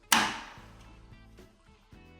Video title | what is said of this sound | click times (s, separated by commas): KitchenAid Microwave Repair - Will Not Heat Loud Noise When Running - Magnatron | And you'll hear it snap into place. | 0.1 s